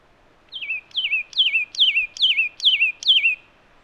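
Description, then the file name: Satin flycatcher repeating a clear, downslurred whistle seven times, each note dropping and wobbling in pitch, roughly two to three notes per second. "Myiagra Cyanoleuca"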